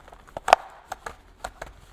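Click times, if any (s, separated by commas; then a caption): 0.5 s. A new oil filter element is slid into the oil filter housing cap during a Mercedes GLC service and pushed against the top until it seats with a sharp click at 0.5 s. Several quieter taps and handling sounds come before and after it, at about 0.4, 0.9, 1.1 and 1.5 s.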